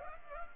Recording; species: mosquito wingbeat signal from an infrared sensor; Culex pipiens